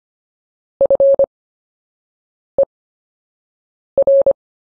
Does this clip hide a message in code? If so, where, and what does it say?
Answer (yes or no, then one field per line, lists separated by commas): yes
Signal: Morse code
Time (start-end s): 0.8-4.3 s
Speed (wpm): 25 wpm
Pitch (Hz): 550 Hz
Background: none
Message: FER